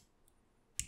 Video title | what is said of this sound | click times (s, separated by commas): Nemesis Reviews Transformers War for Cybertron: Siege Soundwave | What you do with this is you send it out till it clicks. | 0.8 s